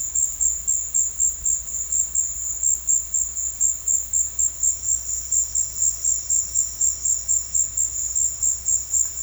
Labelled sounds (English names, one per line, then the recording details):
none
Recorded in secondary vegetation near Puerto Asís, Putumayo, Colombia, on 28 February 2025 at 16:00
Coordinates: 0.484, -76.319
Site G010